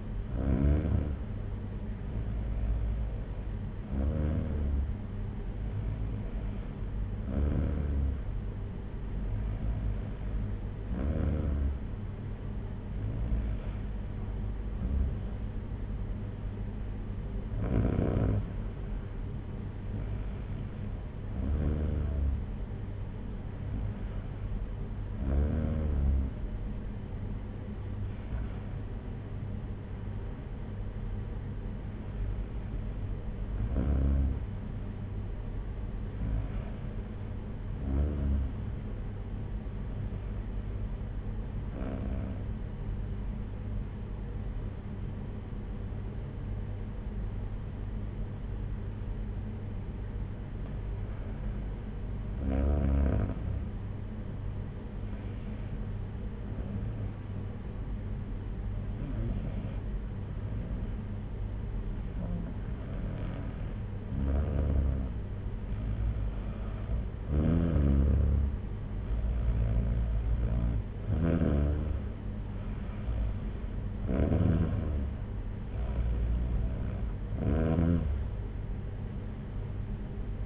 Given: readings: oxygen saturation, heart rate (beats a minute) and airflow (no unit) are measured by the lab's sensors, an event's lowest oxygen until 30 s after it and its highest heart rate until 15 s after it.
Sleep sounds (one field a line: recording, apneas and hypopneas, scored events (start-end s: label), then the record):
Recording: breathing in sleep by a smartphone at the bedside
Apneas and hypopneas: 2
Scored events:
8.00-38.00 s: new sleep stage, N2 (light sleep)
16.00-33.10 s: hypopnea (N2, oxygen 95% highest, then 94% lowest)
38.00-80.46 s: new sleep stage, N1 (lightest sleep)
40.00-68.90 s: hypopnea (N1, oxygen 95% highest, then 91% lowest)
From the record:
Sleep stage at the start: N1 (lightest sleep)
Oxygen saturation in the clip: 91 to 95%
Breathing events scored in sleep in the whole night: 226 in 8.8 hours asleep